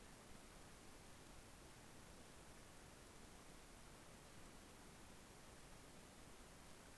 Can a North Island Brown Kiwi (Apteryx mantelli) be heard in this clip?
no